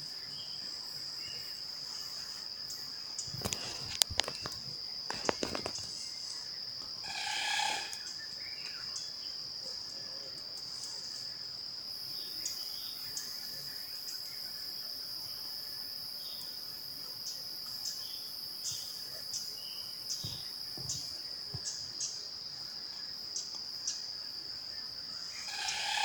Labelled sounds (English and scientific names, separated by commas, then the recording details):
African Broadbill (Smithornis capensis)
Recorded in Bwindi, Uganda